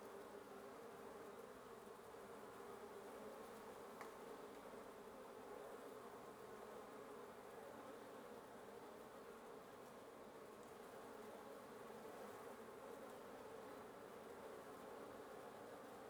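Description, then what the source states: Continuous wasp buzzing from a crowd of insects, a smooth unbroken hum with one faint click. Wasp nest under the roof of the recordist's residence at 1a Avenida Norte 19, Antigua Guatemala, Guatemala; recorded in the morning.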